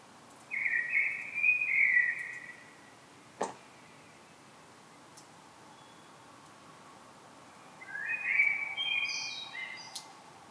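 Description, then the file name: Common blackbird song, two warbled fluty phrases separated by a pause of several seconds, the second with higher twittering notes; a brief click in between. "Turdus merula"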